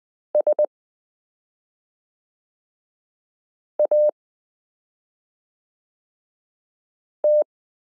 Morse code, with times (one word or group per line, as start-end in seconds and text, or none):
0.3-0.6 S
3.8-4.1 A
7.2-7.4 T